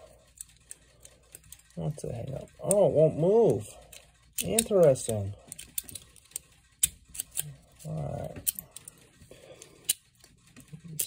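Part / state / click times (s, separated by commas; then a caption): padlock shackle into its spring-loaded latch / seated / 11.0 s. On a cut-open combination padlock, the shackle is pushed down while someone talks, with scattered sharp clicks and taps of handling throughout. At 11.0 s a sharp click is heard as the shackle snaps into place and the spring-loaded latch inside catches it.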